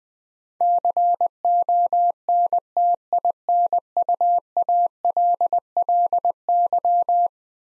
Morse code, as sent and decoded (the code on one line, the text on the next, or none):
-.-. --- -. - .. -. ..- .- .-.. .-.. -.--
CONTINUALLY